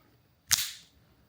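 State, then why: Seated. The two plastic halves of a cleaned HVAC blend door actuator from a Mazda BT-50/Ford Ranger climate control system, being fixed for buzzing and clicking, are lined up on their guide pins and pressed together. A single sharp snap is heard at 0.5 s as the housing clips shut, followed by a short decaying tail. The housing is seated with all corners down.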